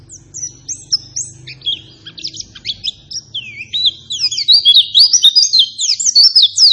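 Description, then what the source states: White-eye in fast continuous high twittering, notes sweeping up and down, swelling louder in the second half, over a soft low hum. Vigorous, persistent lure song meant to make other white-eyes respond and answer at once; a singing white-eye is described as gacor.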